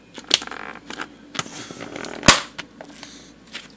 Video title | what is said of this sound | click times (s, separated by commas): veggies for cook out | hear that click it's ready for the refrigerator | 0.3 s, 2.3 s